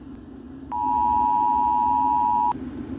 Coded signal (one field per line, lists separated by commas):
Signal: Emergency Alert System (SAME) tones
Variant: 853 and 960 Hz attention tone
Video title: Rating Eas Alarms